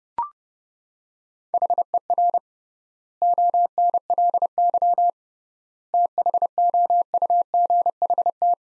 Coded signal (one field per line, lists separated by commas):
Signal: Morse code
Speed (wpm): 30 wpm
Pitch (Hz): 700 Hz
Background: none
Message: HER ONLY THOUGHT